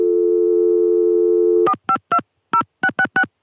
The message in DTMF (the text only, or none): 4520666